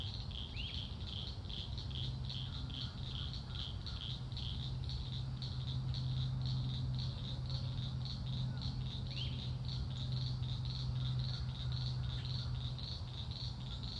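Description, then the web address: Frog chorus of rapid pulsing high notes running steadily throughout, with a brief bird chirp or two and a low steady hum beneath. Frogs calling on 3 May, with a few birds also calling. "scoutisland. frogs-with-a-few-birds-3 may"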